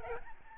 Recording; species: mosquito wingbeat signal from an infrared sensor; Aedes albopictus